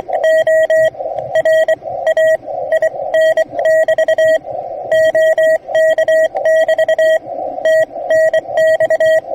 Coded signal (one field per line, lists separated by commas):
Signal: Morse code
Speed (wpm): 24 wpm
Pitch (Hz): 640 Hz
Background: radio noise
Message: O RAIN <BT> OK <BT> TNX